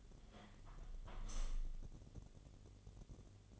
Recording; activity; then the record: daily activity, microphone in the room; close window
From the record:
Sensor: 4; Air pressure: 1015.7 hPa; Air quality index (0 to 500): 126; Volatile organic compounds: 3 ppm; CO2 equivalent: 1412 ppm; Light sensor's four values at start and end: 9/20/8/7 and 9/20/8/7